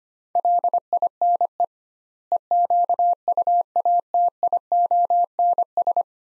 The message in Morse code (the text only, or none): LINE EQUATIONS